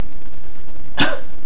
Cough.